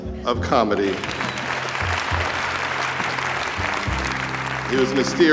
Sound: applause

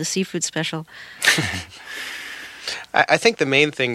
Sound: laughter

